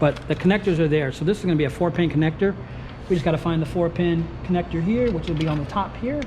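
A four-pin wiring harness connector is handled at the back of an aftermarket 13-inch T-style Cidava head unit being installed in a 2017 Ford F-150 while someone talks throughout. The connector has not seated or clicked yet; the clip ends just before it goes home.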